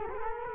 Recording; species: mosquito wingbeat signal from an infrared sensor; Culex quinquefasciatus